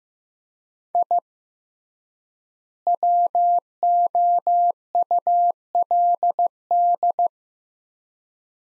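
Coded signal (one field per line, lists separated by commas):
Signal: Morse code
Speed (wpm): 15 wpm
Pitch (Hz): 700 Hz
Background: none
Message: I WOULD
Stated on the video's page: Morse practice at 15 wpm, sets of five words sent with 3x word spacing, a word-based analogue of Farnsworth spacing; head-copy drill with each set then spoken.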